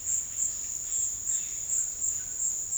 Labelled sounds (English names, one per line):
none